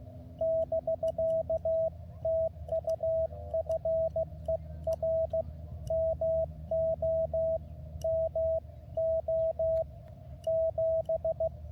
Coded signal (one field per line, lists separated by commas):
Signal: Morse code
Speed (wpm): 16 wpm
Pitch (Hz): 650 Hz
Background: radio noise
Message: <BK> TU FER MO MO 7